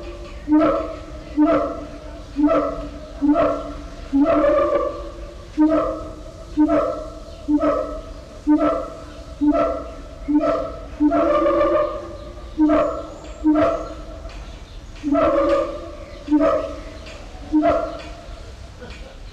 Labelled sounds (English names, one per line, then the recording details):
Siamang call
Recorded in captivity
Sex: male
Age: juvenile
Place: Zoo Berlin, Berlin, DE
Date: 1994-06-11
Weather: heiter, 12-17°C
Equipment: Marantz CP 430, Sennheiser ME 80, Kopie Uher Variocord 263
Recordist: Tembrock, Günter